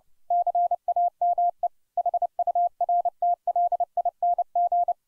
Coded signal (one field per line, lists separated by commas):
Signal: Morse code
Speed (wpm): 29 wpm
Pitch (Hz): 700 Hz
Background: none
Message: CAME HURTLING